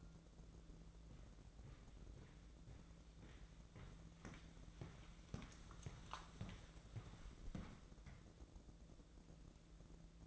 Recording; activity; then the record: daily activity, microphone in the room; walk to room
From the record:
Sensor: 3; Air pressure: 1012.2 hPa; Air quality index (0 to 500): 137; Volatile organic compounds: 2 ppm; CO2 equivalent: 1052 ppm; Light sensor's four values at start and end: 133/316/130/119 and 115/274/112/100